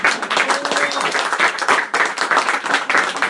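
A crowd in Guadalajara claps steadily for Black Widow in a dense, continuous wash of applause, loud and sustained for a few seconds, with a faint whistle or cheer briefly rising above it.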